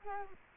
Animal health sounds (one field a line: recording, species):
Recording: mosquito wingbeat signal from an infrared sensor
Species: Culex quinquefasciatus